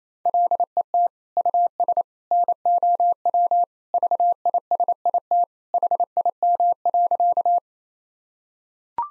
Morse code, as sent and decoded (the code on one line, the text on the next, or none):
.-.. . - / ..- ... / -. --- .-- / ...- .. ... .. - / .... .. -- .-.-.-
LET US NOW VISIT HIM.